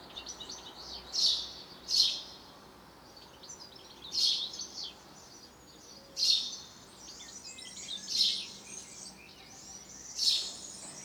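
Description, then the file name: House sparrow uttering clipped chirps roughly every two seconds, with softer twittering between the louder notes. "Passer domesticus"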